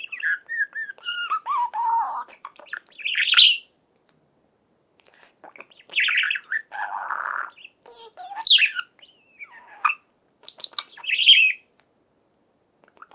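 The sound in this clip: Budgerigar warbling, a varied stream of chirps, buzzy squawks and falling whistled notes in bursts of a second or two, separated by silent gaps.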